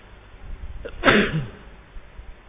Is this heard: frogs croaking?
no